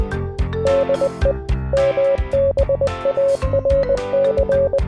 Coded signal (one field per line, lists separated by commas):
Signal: Morse code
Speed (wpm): 20 wpm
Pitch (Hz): 550 Hz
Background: music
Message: DE MBARC